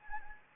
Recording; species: mosquito wingbeat signal from an infrared sensor; Anopheles arabiensis